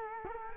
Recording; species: mosquito wingbeat signal from an infrared sensor; Culex quinquefasciatus